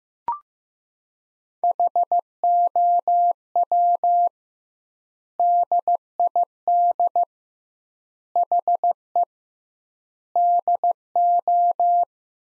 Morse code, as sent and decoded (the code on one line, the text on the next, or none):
.... --- .-- / -.. .. -.. / .... . / -.. ---
HOW DID HE DO